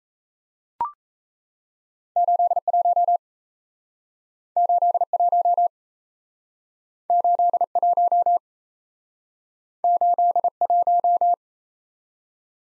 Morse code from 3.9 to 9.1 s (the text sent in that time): 81 81